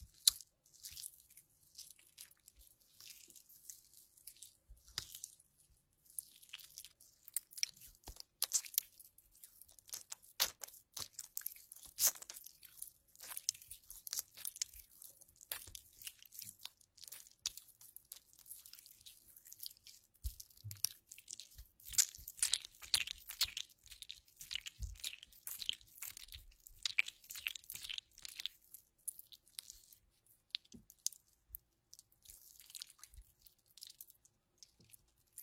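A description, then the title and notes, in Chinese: Lotion being massaged produces dense, bright wet crackles and squelches in irregular bursts throughout, busiest around the middle. 乳液按摩。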